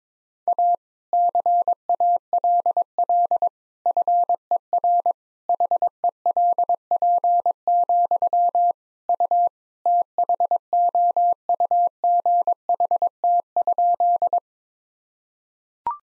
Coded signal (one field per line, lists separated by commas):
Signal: Morse code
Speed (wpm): 22 wpm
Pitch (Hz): 700 Hz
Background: none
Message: A CALL FER HELP, U THOUGHT?